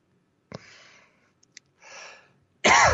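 An adult man gives a few coughs: sharp bursts with breathy, rasping tails, the last one loudest.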